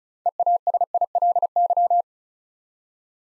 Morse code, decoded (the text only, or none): EASILY